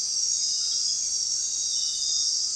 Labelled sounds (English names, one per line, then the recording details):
none
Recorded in dense forest near Puerto Asís, Putumayo, Colombia, on 20 February 2024 at 23:30
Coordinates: 0.466, -76.327
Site G6413